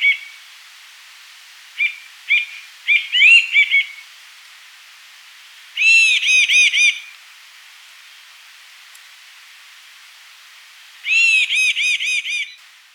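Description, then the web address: Northern mountain cacique giving a few scattered whistled notes, then two dense bursts of rapid, rich ringing notes about five seconds apart. Recorded in Ecuador. "Birds of Ecuador. Northern Mountain-Cacique"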